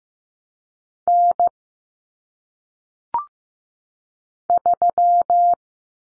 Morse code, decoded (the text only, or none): N 3